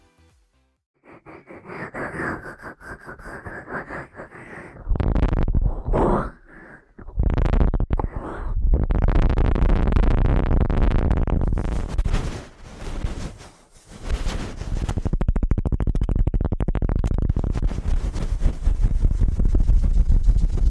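Ear cleaning: a soft steady whir runs for the first few seconds, then dense scratching and rustling take over in loud bursts. The rubbing is rapid and busy, dropping out briefly around 7, 12 and 14 seconds before continuing to the end.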